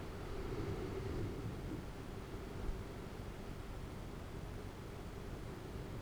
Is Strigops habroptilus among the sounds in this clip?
no